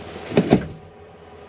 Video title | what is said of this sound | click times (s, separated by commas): Chausson Titanium Premium 644 Handover | until it clicks in | 0.4 s